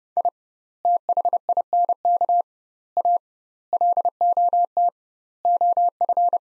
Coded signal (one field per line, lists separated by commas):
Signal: Morse code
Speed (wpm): 32 wpm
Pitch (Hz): 700 Hz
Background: none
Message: I THINK A LOT OF